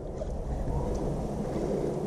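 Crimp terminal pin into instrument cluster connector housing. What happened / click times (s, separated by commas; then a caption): No seating click; the pin is not yet pushed home / none. A crimp terminal pin is held with its tab facing upwards and lined up with the plastic connector housing of a facelift 2017 instrument cluster being retrofitted into a 2013 BRZ with push-button start; the tab must face upwards or the pin won't go in. Only a steady, low, broadband rumble is heard, with no distinct transients. Nothing has been pushed in or clicked yet.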